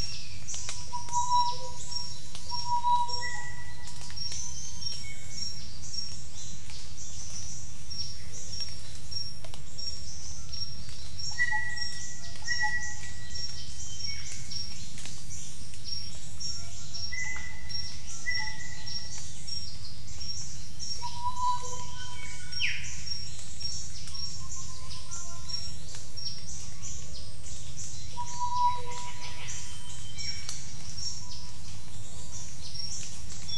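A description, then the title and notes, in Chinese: Birds call in a jungle over a steady low rumble and a constant high hiss of insects. Short whistled notes and chirps come every few seconds, some clear, others fainter, with a high pulsing trill running throughout. 丛林中的鸟叫_黑色喜p-印度尼西亚中加里曼丹省Mungku Baru。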